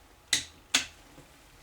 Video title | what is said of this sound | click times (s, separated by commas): Ремонт и модернизация заднего моста ГАЗ-21 "Волга". Часть 1 | И каждую гаечку дотягиваем до щелчка. Оп. | 0.3 s, 0.8 s